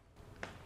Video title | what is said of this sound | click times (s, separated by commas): Evidence Based Pistol - Day One, Part 4 | You hear that little click? | 0.4 s